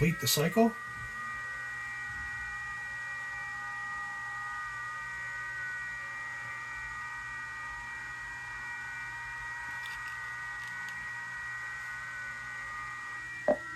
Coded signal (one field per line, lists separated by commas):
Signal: FT8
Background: speech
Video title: FT8 Demo